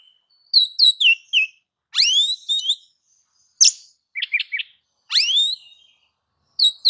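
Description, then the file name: Oriental magpie-robin singing a varied phrase of quick high chips, rising sweeping whistles, a sharp high note and a short buzzy triplet, separated by brief silences. "Suara-Kacer-Versi-7"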